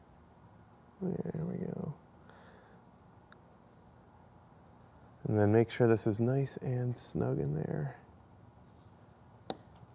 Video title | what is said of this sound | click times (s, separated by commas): A Prop Maker's Dream! The Good Samaritan - HELLBOY | that's a satisfying click nice | 9.5 s